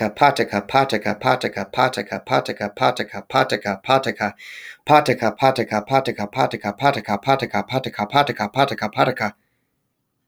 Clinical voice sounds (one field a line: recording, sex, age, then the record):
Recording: repeated syllables /pa ta ka/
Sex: male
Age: 30 to 39 years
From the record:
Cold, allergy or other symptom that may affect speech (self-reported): no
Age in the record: 32 years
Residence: Connecticut, United States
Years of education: 16